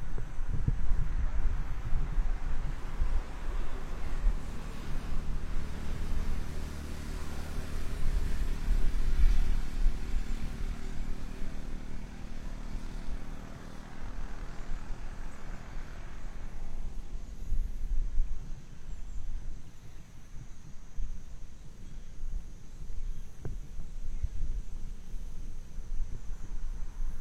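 Outdoors during a walk on a cloudy day, a deep engine rumble swells and passes by, loudest around nine seconds and fading away by about seventeen. A quieter, steady low murmur remains afterward, with a faint click near twenty-three seconds.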